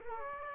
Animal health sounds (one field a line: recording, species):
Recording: mosquito wingbeat signal from an infrared sensor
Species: Aedes aegypti